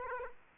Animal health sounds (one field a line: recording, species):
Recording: mosquito wingbeat signal from an infrared sensor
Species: Aedes aegypti